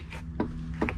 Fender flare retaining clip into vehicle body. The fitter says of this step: some of them click in really good there you go